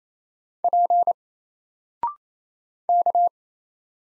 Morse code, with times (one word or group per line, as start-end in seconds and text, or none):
0.6-1.1 P
2.9-3.3 K